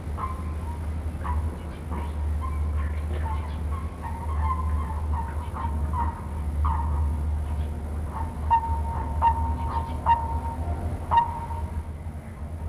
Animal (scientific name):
Bufo bufo